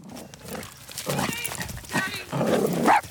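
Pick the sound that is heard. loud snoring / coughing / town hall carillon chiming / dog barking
dog barking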